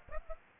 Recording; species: mosquito wingbeat signal from an infrared sensor; Aedes aegypti